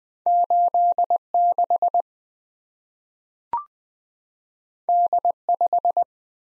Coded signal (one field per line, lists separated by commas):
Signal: Morse code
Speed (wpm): 20 wpm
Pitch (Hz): 700 Hz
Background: none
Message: 86 D5